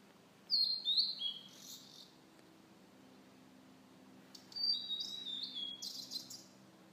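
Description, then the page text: Blue-and-white flycatcher song, two high clear whistled phrases, each opening with sliding pure notes and ending in short buzzy flourishes, separated by a pause of about two seconds. Japan. "森林総合研究所 多摩森林科学園／オオルリ"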